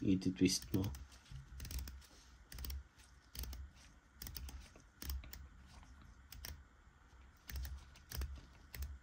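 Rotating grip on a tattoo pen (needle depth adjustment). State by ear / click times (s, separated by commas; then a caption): seated / 2.6 s, 3.4 s, 4.4 s, 5.1 s, 6.4 s, 8.1 s. Someone talks as the rotating grip on a Dragonhawk Fold Pro tattoo pen is twisted to adjust the needle depth. The grip clicks into each detent step at about 2.7, 3.4, 4.4, 5.1, 6.5 and 8.2 seconds, giving a series of sharp clicks that confirm it seats at each step.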